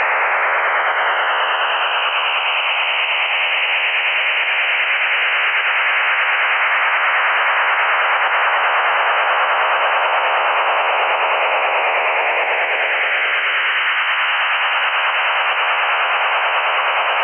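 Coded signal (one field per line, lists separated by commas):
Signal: HF data modem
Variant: STANAG 4285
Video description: Tuning PSK signal, decoding Stanag 4285 (text message)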